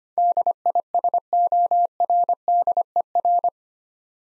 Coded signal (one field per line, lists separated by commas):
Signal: Morse code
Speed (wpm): 25 wpm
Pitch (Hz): 700 Hz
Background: none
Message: DISORDER